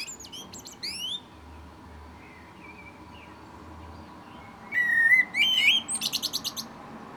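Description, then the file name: Common blackbird song fragments: high squeaky twitters at the start, a quiet pause with faint low hum, then a brief whistled phrase ending in rapid chatter. "Turdus merula"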